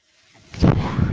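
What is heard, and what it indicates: After near silence, a low, rumbling rush of air builds over about half a second and then holds steady. It is the airflow noise of a home mechanical ventilator delivering a breath, heard in a pause between the user's sentences.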